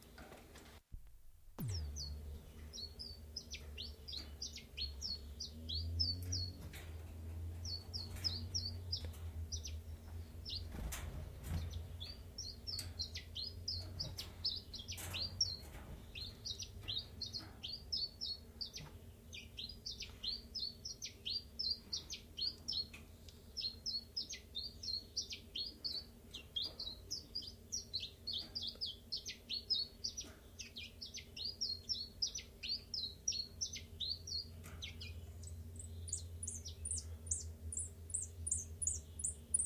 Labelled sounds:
Common Chiffchaff (Phylloscopus collybita)

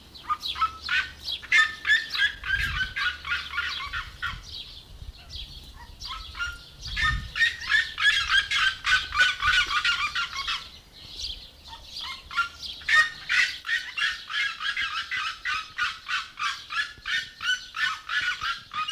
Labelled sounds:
Red-legged Seriema (Cariama cristata) call

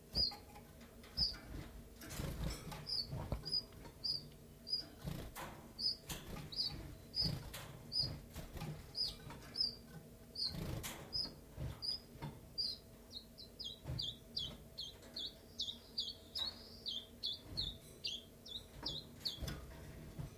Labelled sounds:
Common Chiffchaff (Phylloscopus collybita)

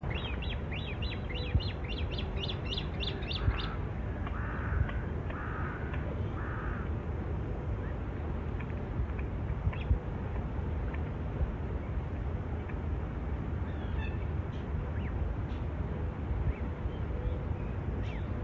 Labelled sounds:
Great Crested Grebe (Podiceps cristatus) call

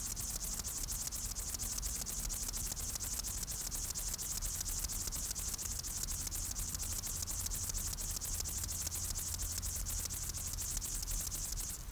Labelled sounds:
Upland Field Grasshopper (Chorthippus apricarius) stridulation

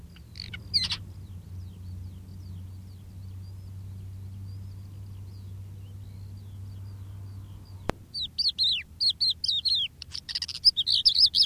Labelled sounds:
Crested Lark (Galerida cristata) song

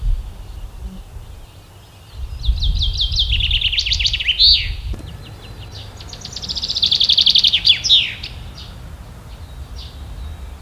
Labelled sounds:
Common Chaffinch (Fringilla coelebs) song

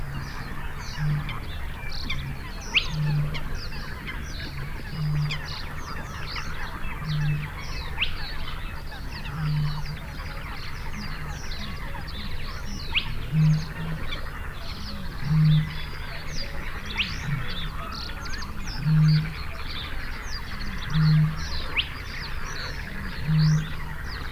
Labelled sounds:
Spotted Crake (Porzana porzana) song

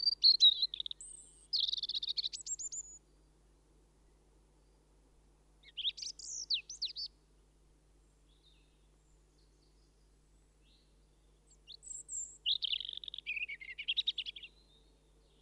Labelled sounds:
European Robin (Erithacus rubecula) song

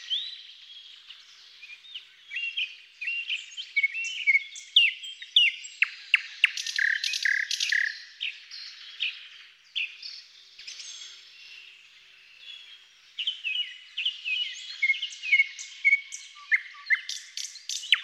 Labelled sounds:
Thrush Nightingale (Luscinia luscinia) song

